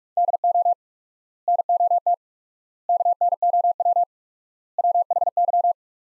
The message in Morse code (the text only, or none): DO NOT KNOW WHY